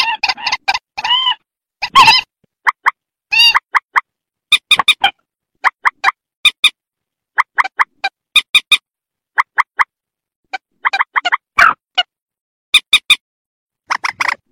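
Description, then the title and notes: Rail giving clipped, nasal, harmonic notes in rapid doublets and triplets, broken by occasional rougher squawks and brief pauses. "Kicau Burung Mandar"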